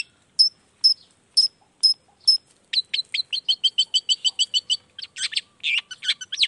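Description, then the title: Long-tailed shrike song: a few sharp high chips spaced about half a second apart, then a fast run of rapid ticking notes and a scratchy, varied warble. Chatty morning song with varied notes, played to stir quiet shrikes into singing. "Cendet Gacor Dor Di Kala Pagi Toet Toet Variasi Suara. Cendet Gacor Di Pagi Hari Rangsangan Emosi Cendet Malas Bunyi Supaya Secepatnya Ikutan Bunyi"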